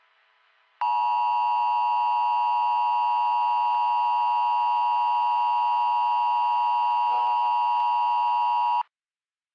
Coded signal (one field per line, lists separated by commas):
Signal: Emergency Alert System (SAME) tones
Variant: 853 and 960 Hz attention tone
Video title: EAS Scenario: Fear The Wind and Spores October Says Goodbye Part 2: FIrestorm (LAST VIDEO FOR 2024)